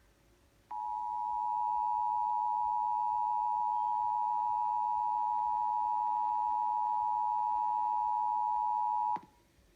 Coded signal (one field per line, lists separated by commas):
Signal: Emergency Alert System (SAME) tones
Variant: 853 and 960 Hz attention tone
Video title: [EAS #34-35] Sacramento's Required Monthly Test on 93.1 FM KFBK and 102.5 FM KSFM